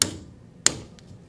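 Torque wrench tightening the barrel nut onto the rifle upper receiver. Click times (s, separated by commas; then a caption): 0.7 s. A torque wrench set to 20 foot-pounds tightens the barrel nut onto a Tippmann Arms M4-22 rifle upper receiver. A sharp click opens the clip at 0.0 s, then the wrench clicks loudly at its setting at 0.7 s, followed by a faint tick near 1.0 s. The barrel nut is confirmed torqued to 20 ft-lb.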